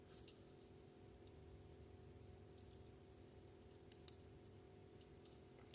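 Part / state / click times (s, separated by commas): plastic tonneau cover into a diecast model car body / not seated / none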